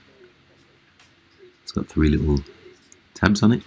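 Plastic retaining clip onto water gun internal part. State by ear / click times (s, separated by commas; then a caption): not seated / none. A greased plastic retaining clip with three small tabs is lined up over an internal part of a Spyra 3 water gun before being pushed on, making only a faint, soft handling sound around 1.0 s while someone talks. The clip has not seated or clicked yet.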